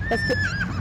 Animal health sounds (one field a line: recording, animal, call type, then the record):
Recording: contact call of a hoofed animal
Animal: Przewalski's horse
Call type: whinny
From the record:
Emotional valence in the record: positive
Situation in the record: food anticipation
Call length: 0.80 s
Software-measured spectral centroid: 2130 Hz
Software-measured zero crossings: 2490 a second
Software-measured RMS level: -24 dBFS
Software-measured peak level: -16 dBFS